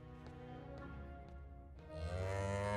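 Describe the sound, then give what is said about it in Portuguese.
A cow lets out a long, low, drawn-out moo with a rich droning tone, swelling noticeably louder in its final second; no one speaks. “Eu não quero que um caipira do interior me ensine a cuidar da minha vaca.”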